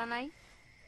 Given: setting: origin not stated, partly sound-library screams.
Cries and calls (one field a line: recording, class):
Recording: one-second piece from a danger detection set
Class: normal situation